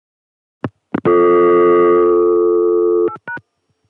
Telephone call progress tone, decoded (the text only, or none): dial tone